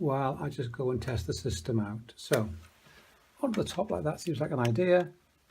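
Someone talks while handling a new plastic heating-control receiver for a Hive dual system with a condensing boiler, lining it up to push onto its wall-mounted backplate. A short sharp tap sounds at the very end, around 5.5 s, but the receiver has not yet clicked into place or seated on the plate.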